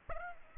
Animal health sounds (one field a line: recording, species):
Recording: mosquito wingbeat signal from an infrared sensor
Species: Aedes aegypti